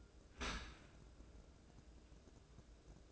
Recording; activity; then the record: daily activity, microphone in the room; open dishwasher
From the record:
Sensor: 2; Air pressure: 1012.2 hPa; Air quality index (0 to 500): 147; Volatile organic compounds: 2 ppm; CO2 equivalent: 1077 ppm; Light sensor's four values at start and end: 285/698/283/286 and 285/699/284/287